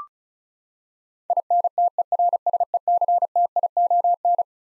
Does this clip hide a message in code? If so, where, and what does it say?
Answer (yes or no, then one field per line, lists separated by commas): yes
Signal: Morse code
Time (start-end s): 1.3-4.4 s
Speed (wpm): 36 wpm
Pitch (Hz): 700 Hz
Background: none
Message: INTERSECTION